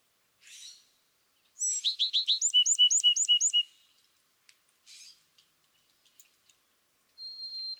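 California thrasher song: a soft note, then a quick series of repeated notes, followed by scattered short chips and a thin whistle.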